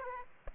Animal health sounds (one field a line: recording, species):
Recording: mosquito wingbeat signal from an infrared sensor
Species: Aedes aegypti